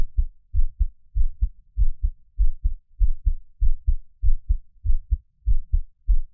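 Steady paired low thumps, the first and second heart sounds, repeat regularly at about 97 beats a minute. No extra sounds are heard between beats. It is an ordinary adult heartbeat, recorded up close for ASMR listening as part of a monthly heartbeat series.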